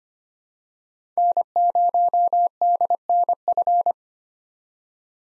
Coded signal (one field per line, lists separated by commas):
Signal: Morse code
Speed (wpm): 25 wpm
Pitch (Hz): 700 Hz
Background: none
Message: N0DNF